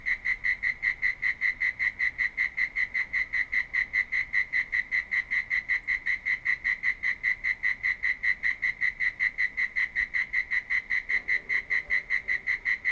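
Cricket chirping, a steady pulsed series of rapid uniform chirps, continuing without pause throughout.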